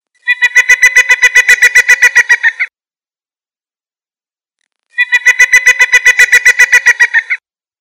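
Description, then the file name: Bird giving a rapid, harsh rattling call of many evenly spaced notes, given twice with a pause of a couple of seconds between bursts, otherwise quiet. "burungasing"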